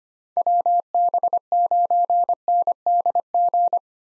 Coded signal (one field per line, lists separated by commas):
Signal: Morse code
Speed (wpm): 25 wpm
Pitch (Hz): 700 Hz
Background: none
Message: WB9NDG